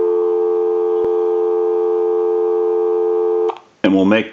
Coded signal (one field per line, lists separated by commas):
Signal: telephone call progress tone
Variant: North America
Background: speech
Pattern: dial tone